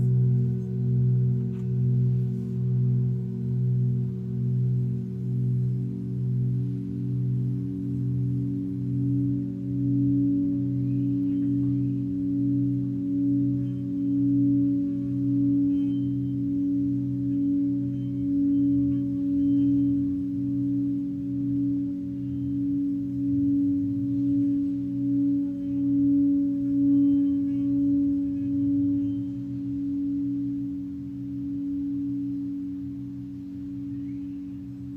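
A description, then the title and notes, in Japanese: A singing bowl rings in a long, sustained drone, its low tones pulsing and wavering in a steady beat throughout. Around ten seconds a brighter, higher ring swells in and holds alongside the deep hum, and the sound eases slightly toward the end. 春分 メキシコから シンギングボウルのサウンドヒーリング。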